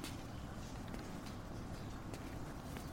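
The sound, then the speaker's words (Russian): A teacher's few unhurried footsteps as she walks to her desk in a classroom, sharp light taps spaced unevenly across a few seconds, set against a steady low background rumble. “Забрав у нее планшет, идет к своему столу.”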